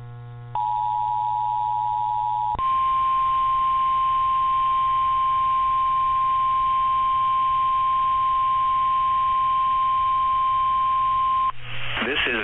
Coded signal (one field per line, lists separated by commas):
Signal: Emergency Alert System (SAME) tones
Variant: 853 and 960 Hz attention tone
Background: speech